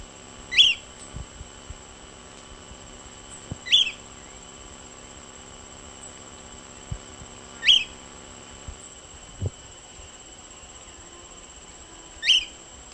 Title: LuckyPassaro Completos2Sama. Short-crested Flycatcher (Myiarchus ferox)